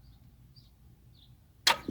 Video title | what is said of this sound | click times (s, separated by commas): 2006 Dodge Charger rear forward facing Toe link | All right, and we're back with the wrench click. | 1.7 s